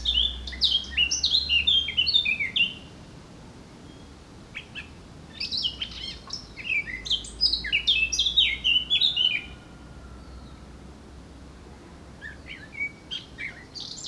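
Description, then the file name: Eurasian blackcap song: rich, fast warbling phrases of clear whistled notes, given in two long bursts with a pause between, then a softer fragment near the end. "Sylvia atricapilla"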